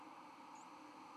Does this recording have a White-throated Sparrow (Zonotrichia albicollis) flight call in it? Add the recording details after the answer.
no. Another species' flight call is heard. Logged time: 02:53 on 31 October 2014